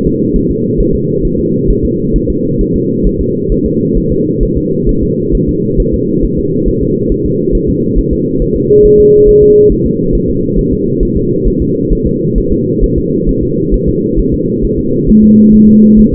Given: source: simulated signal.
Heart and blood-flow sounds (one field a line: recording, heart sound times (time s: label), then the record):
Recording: fetal heart sounds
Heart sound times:
0.07 s: S2
0.36 s: S1
0.51 s: S2
0.80 s: S1
0.95 s: S2
1.25 s: S1
1.39 s: S2
1.70 s: S1
1.85 s: S2
2.16 s: S1
2.30 s: S2
2.61 s: S1
2.76 s: S2
3.07 s: S1
3.21 s: S2
3.52 s: S1
3.66 s: S2
3.97 s: S1
4.12 s: S2
4.43 s: S1
4.57 s: S2
4.89 s: S1
5.03 s: S2
5.35 s: S1
5.49 s: S2
5.80 s: S1
5.94 s: S2
6.25 s: S1
6.39 s: S2
6.68 s: S1
6.83 s: S2
7.12 s: S1
7.26 s: S2
7.55 s: S1
7.69 s: S2
7.99 s: S1
8.13 s: S2
8.42 s: S1
8.56 s: S2
8.85 s: S1
9.00 s: S2
9.29 s: S1
9.43 s: S2
9.72 s: S1
9.86 s: S2
10.15 s: S1
10.29 s: S2
10.59 s: S1
10.73 s: S2
11.03 s: S1
11.17 s: S2
11.47 s: S1
11.62 s: S2
11.93 s: S1
12.07 s: S2
12.38 s: S1
12.52 s: S2
12.84 s: S1
12.98 s: S2
13.29 s: S1
13.43 s: S2
13.74 s: S1
13.89 s: S2
14.19 s: S1
14.34 s: S2
14.65 s: S1
14.79 s: S2
15.10 s: S1
15.24 s: S2
15.55 s: S1
15.69 s: S2
15.99 s: S1
16.14 s: S2
From the record:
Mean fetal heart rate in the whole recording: 135 bpm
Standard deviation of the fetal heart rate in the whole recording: 3 bpm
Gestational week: 36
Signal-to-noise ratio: -11.2 dB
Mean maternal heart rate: 72 bpm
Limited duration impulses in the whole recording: present